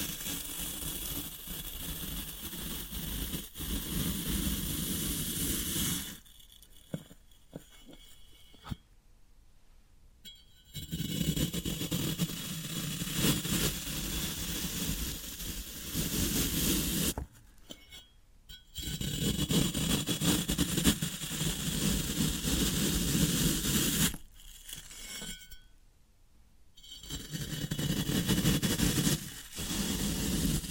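Floral foam being worked, heard as a dense, gritty crumbling and scraping with a low rumbling body that runs in long stretches. The sound breaks off into near silence around 6–10 seconds, again near 17–18, and around 24–27, then resumes.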